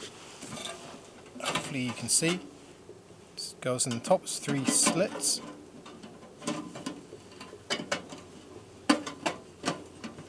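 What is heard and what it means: Someone talks while a titanium stove-pipe collar is fitted into the three slots on top of a Danchel titanium stove, with scattered metallic ticks and handling sounds. The collar is meant to rotate and lock into place, but nothing has seated or clicked yet by the end of the clip.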